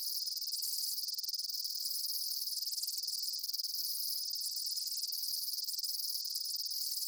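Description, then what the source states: Dense insect chorus, shrill and buzzy, holding steady throughout with faint pulsing and gentle dips about every two seconds. Summer afternoon in a field.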